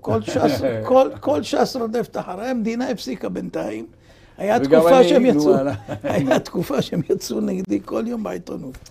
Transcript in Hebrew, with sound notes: כל שס כל שס רדפת אחריהם. מדינה הפסיקה בינתיים היה תקופה שהם יצאו [צחוק] היה תקופה שהם יצאו נגדי כל יום בעיתונות.